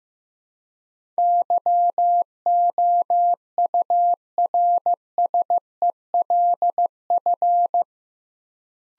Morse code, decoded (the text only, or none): YOURSELF